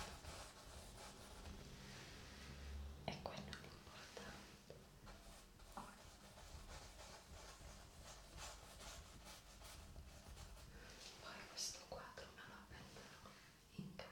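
Soft brushing strokes from an ASMR painting session, a continuous dry rubbing with frequent short swishes that brighten and fade every second or so. A low steady hum sits underneath, and faint murmured speech may surface between strokes.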